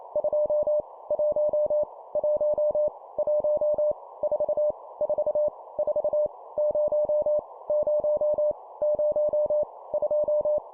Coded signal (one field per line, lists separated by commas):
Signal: Morse code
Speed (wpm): 28 wpm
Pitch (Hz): 600 Hz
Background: none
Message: 2 1 1 1 4 4 4 0 0 0 2